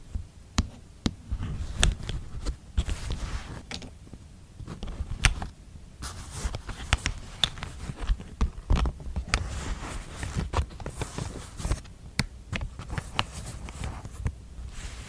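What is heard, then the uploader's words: Lipgloss tapping: sharp, bright taps land irregularly, sometimes alone and sometimes in quick clusters of two or three, roughly every half second to second throughout. Under them runs a soft, low rumble and faint rustling handling noise, with brief quieter gaps between bursts. Asmr lipgloss tapping.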